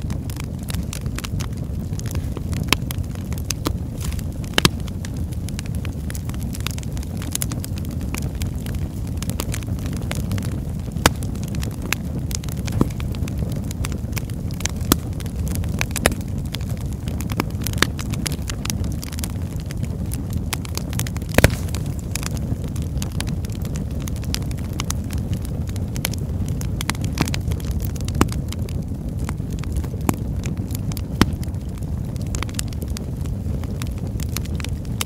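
A fireplace burns with a steady low roar underneath and sharp crackles and pops scattered throughout. The snaps come irregularly, a few every second or two, with a louder pop around twenty-one seconds. The sound is even from start to end.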